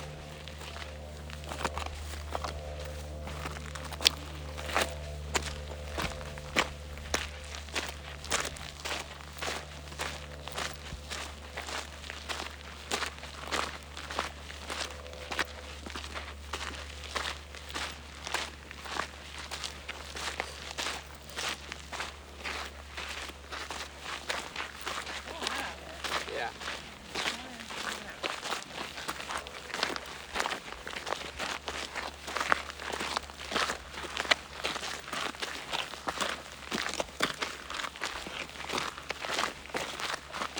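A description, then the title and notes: Footsteps crunch steadily on a gravel trail during a hike, a dense, regular stream of bright scuffs that continues for the whole stretch and grows a little louder after the midpoint. A low, steady hum sits underneath, and faint voices drift in now and then. Hiking in the McDowell Mountains in Phoenix, Arizona. There were a lot of other people out this day, enjoying time with family on a hike or bike ride. Some taking the Lost Dog Wash trail like myself, and others taking the Sunrise trail up to one of the summits. Walking on rocks.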